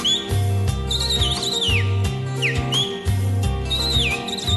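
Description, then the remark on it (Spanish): A whistled imitation of a cardinal's song: several high, clear slurred phrases that rise and fall, played over steady rhythmic music with a pulsing bass line. “Canta el cardenal.”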